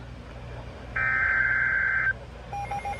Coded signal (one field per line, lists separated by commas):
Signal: Emergency Alert System (SAME) tones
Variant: header bursts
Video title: JUNE MADNESS 3: ENHANCED CHAOS || EAS Alerts from 6/17/22 || EAS 257-280